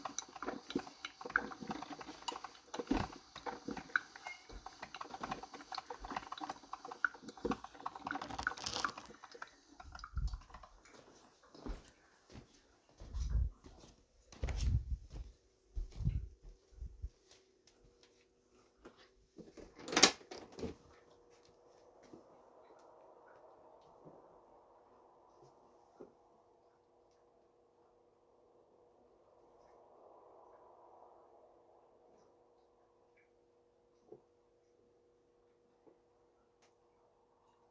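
Morning activity starts with dense rustling, scraping and clattering for the first ten seconds, then scattered low thumps and knocks, with a sharp clack near twenty seconds. After that it goes quiet apart from a soft steady hum, a brief faint swell around thirty seconds and a few isolated ticks.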